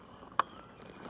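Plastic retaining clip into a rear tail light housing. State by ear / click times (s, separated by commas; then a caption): seated / 0.4 s. A second plastic retaining clip is pushed top side up into the rear tail light housing of a 2008–2014 Dodge Avenger while a wired backup camera is installed. One sharp, loud snap is heard at 0.4 s over quiet background, and the clip seats in place.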